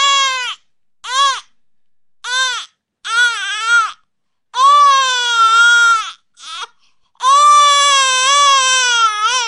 Baby Crying Sound.